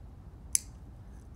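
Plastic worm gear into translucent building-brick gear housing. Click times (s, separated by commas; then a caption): 0.5 s. A small plastic spiral (worm) gear is lined up with the opening in a translucent LEGO WeDo gear housing and pressed until it pops into place in the middle. A single sharp, bright pop sounds at 0.6 s against a quiet, low background hum. The gear is seated in the housing.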